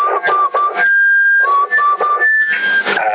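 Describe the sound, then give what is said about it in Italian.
A small CB radio transceiver with its talk-listen function switched on whistles with thin, steady high tones that step up and down in pitch, mixed with bursts of harsh, crackly static through a narrow, tinny band. “Senti, come fischia si altro?”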